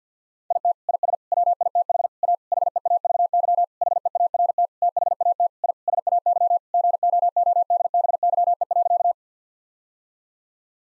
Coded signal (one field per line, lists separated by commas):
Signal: Morse code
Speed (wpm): 49 wpm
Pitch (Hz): 700 Hz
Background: none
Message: IT IS WITH A HEAVY HEART THAT I SAY GOODBYE.